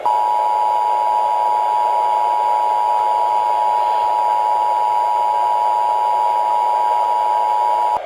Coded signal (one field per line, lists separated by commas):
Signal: Emergency Alert System (SAME) tones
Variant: 853 and 960 Hz attention tone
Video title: EAS Mock - Tornado Warning For San Francisco